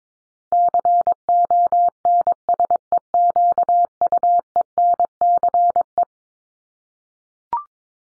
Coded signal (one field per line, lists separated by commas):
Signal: Morse code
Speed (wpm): 22 wpm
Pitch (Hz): 700 Hz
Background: none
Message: CONSEQUENCE